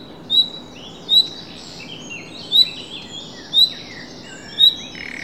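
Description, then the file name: Common nightingale repeating piercing whistled notes about once a second over a steady hiss. "Luscinia megarhynchos"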